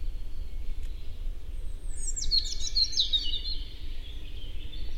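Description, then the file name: European robin singing a short, high phrase of quick thin trills and whistles midway through, against a persistent low-frequency rumble. "Erithacus rubecula"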